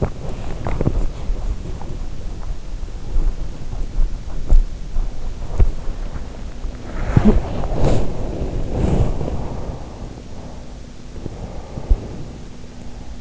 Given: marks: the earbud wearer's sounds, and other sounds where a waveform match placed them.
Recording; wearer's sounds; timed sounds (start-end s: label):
sounds in sleep by an in-ear microphone; body movement, breath
0.00-12.57 s: body movement
11.27-13.21 s: breath